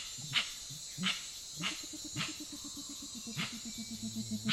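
Grey-winged trumpeter giving a few low hoots, then an even, rapid string of soft deep notes, with scattered clicks and continuous high-pitched hiss.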